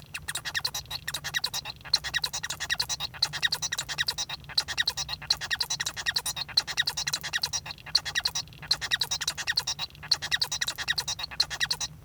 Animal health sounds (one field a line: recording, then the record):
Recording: song of a male Bengalese finch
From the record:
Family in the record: son of father 1